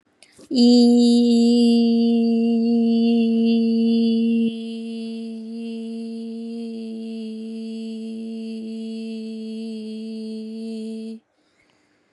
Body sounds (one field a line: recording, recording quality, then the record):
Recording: sustained vowel as in beet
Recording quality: excellent, no background noise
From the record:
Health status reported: COVID-19 positive, mild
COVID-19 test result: positive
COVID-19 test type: RT-PCR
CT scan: not taken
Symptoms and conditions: fatigue, muscle pain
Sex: female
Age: 28 years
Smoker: no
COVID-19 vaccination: both doses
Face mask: not worn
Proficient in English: yes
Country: India